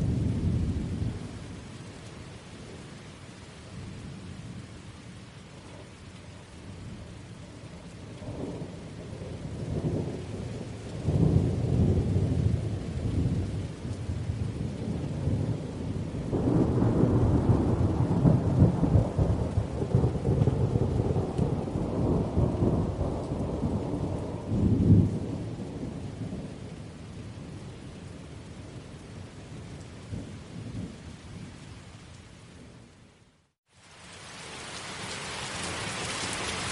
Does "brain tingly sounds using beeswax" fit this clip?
no